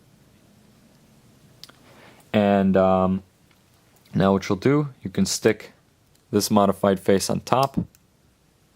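A modified plastic Lego face panel is handled over the top of a Lowell-sphere Lego frame for a mini Star Wars Death Star, about to be pressed on. Someone talks over quiet handling noise with a couple of faint ticks near 1.6 to 1.7 s. Nothing has seated or clicked into place yet.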